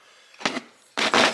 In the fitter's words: the wheel is locked pull this down and that is very positive looks like it might chew on that a little bit but that's okay